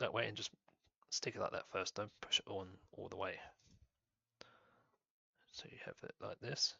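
While someone talks, a plastic Technic pin or axle part for a Lego Technic 42152 firefighter aircraft model is stuck partway into a beam hole and then pushed in all the way. One sharp click sounds at 4.4 s as the pin seats fully home.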